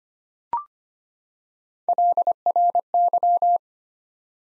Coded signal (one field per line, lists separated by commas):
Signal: Morse code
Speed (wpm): 25 wpm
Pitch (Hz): 700 Hz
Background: none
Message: LRY